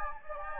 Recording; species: mosquito wingbeat signal from an infrared sensor; Anopheles gambiae